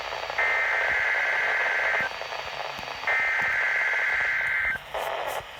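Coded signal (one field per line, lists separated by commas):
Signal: Emergency Alert System (SAME) tones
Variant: header bursts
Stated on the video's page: Required Weekly Test recorded from a NOAA Weather Radio station.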